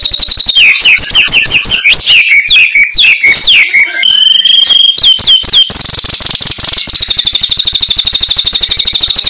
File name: suara burung murai terbaik